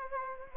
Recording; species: mosquito wingbeat signal from an infrared sensor; Anopheles gambiae